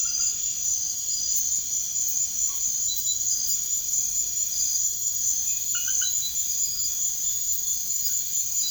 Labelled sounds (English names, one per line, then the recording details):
none
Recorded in secondary vegetation near Puerto Asís, Putumayo, Colombia, on 21 March 2025 at 01:00
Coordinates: 0.489, -76.322
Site G042